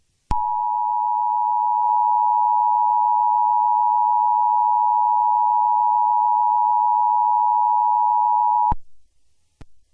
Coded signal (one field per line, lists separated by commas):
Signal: Emergency Alert System (SAME) tones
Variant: 853 and 960 Hz attention tone